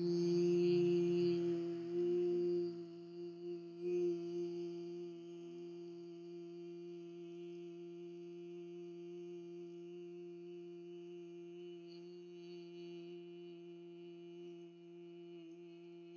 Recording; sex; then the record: sustained vowel /i/; female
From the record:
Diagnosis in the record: healthy control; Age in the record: 69 years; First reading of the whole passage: 64 s, 7.9 characters per second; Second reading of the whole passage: 54 s, 9.5 characters per second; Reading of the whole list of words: 33 s, 8.4 characters per second